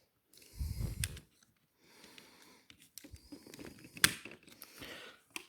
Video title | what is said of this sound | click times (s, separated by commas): Haslab Victory Saber | You hear that snap? | 4.0 s, 5.4 s